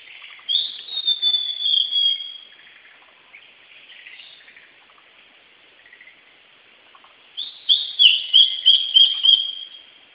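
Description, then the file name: Blue-and-white flycatcher song, a sweet whistled phrase, a pause, then a quick run of bright whistled notes. Recorded 17 May 2008. "ooruri 080517"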